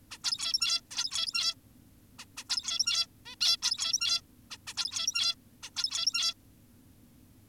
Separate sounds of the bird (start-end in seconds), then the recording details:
0.11-0.18, 0.24-0.81, 0.91-1.54, 2.19-2.25, 2.37-2.44, 2.50-3.07, 3.26-3.35, 3.41-3.57, 3.63-4.21, 4.51-4.57, 4.67-4.74, 4.77-5.35, 5.63-5.70, 5.77-6.34. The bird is an adult. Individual g17y2U